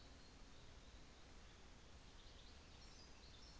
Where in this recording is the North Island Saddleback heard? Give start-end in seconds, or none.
none